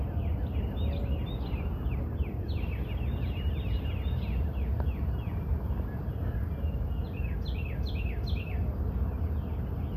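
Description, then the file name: Birds singing: many quick, high chirps sliding downward, repeated throughout over a steady low rumbling background noise. Recorded by a front porch. "birds singing by my front porch"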